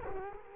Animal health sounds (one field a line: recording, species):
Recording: mosquito wingbeat signal from an infrared sensor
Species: Culex quinquefasciatus